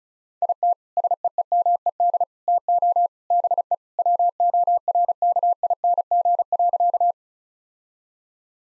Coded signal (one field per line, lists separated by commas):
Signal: Morse code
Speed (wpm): 36 wpm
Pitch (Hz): 700 Hz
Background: none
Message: IT SEEMED TO BE WORKING.